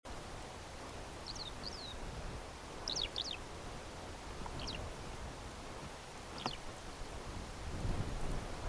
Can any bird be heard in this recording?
yes